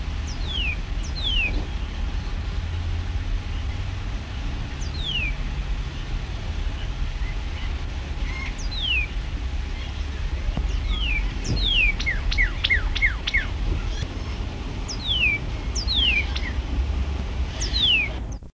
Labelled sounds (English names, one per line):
Northern Cardinal call